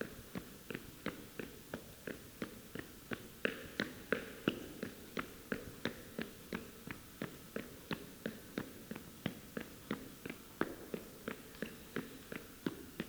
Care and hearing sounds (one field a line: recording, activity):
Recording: daily activity, guitar pickup as the sensor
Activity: run